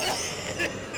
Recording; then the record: coughing mixed with background sound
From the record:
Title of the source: Dry Afternoon Cough